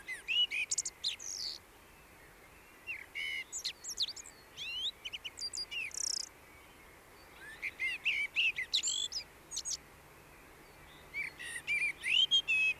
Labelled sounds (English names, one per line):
Common Blackbird song